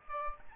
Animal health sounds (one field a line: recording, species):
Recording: mosquito wingbeat signal from an infrared sensor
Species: Aedes albopictus